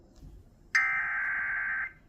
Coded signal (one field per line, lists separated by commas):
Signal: Emergency Alert System (SAME) tones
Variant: header bursts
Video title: EAS #180 | Severe T Storm Warning on KQID 93.1 FM